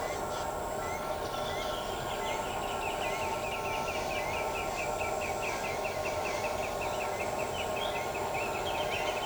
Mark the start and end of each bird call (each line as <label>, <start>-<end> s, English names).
Chestnut-winged Chachalaca, 0.00-6.37 s
Pale-legged Hornero, 2.82-9.25 s
Crested Bobwhite, 7.52-7.91 s